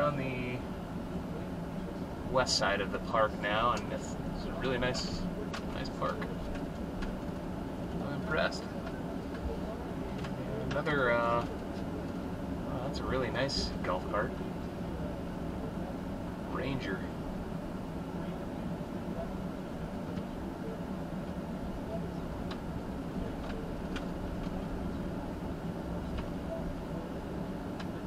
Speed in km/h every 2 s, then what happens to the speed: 18, 16, 18, 19, 21, 21, 23, 23, 23, 19, 18, 21, 23, 23.
0-28 steady at about 21.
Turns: none.